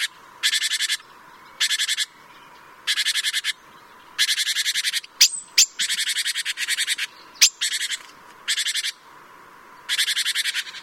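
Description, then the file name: Great tit rasping calls: dry, rapid rattles mostly under a second long, given in a steady series with brief gaps and occasional sharp ticks. "Parus major"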